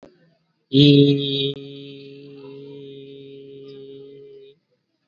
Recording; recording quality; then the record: sustained vowel as in beet; poor, much background noise or distortion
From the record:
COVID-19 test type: RT-PCR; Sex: male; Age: 56 years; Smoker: no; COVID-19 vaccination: both doses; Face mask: worn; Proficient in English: yes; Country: India